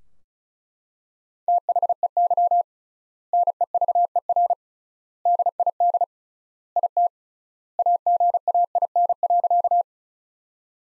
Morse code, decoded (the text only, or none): THEY NEVER DID IT AGAIN.